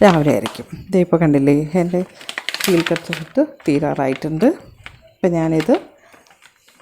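A woman talks about her steel container of cut vegetables being nearly empty, handling it with the lid on a steel food container. Near the end, a few faint, short, sharp ticks are heard around 6.3, 6.5 and 6.7 seconds. The clip ends before the lid is locked shut; nothing has seated or clicked yet.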